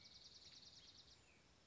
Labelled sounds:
Dark-eyed Junco

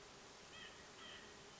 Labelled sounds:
White-breasted Nuthatch

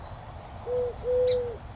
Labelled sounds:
Song Sparrow

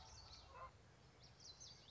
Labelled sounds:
Common Yellowthroat

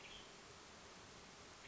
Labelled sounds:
Western Tanager

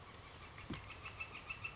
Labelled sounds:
Northern Flicker

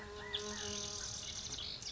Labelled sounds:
Pacific Wren

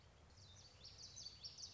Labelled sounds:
Common Yellowthroat

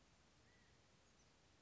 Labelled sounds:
California Quail

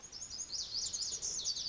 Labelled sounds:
Lazuli Bunting

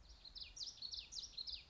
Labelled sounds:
Common Yellowthroat

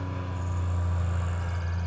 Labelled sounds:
Grasshopper Sparrow

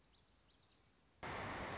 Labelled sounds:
Lazuli Bunting

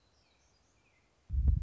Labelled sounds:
Black-throated Gray Warbler

